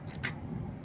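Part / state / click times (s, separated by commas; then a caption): caliper cover retaining clip onto brake caliper / seated / 0.2 s. On the front of an F250, a caliper cover retaining clip, placed just above the rotor, is pressed into place on the brake caliper. A faint tick comes just before a sharp, bright snap at 0.3 s over a low background hum. The clip seats.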